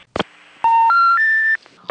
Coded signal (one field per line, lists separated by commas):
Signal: telephone call progress tone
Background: speech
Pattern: special information tone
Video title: Jane Barbe / Famous Actress Mashup — Telephone Voice Artist (PhoneTrips.com samples)